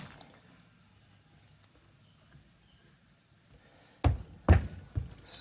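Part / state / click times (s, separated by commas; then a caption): lathe compound slide onto its swivel base with woodruff key / not seated / none. A refurbished cast iron compound slide with a Woodruff key is pushed onto its swivel base on a Monarch 10EE lathe. After about four seconds of near silence, heavy metal clunks land at 4.0 s and 4.5 s, with softer knocks following. Nothing has seated or clicked yet: a gap remains, and the compound is not fully seated on its base.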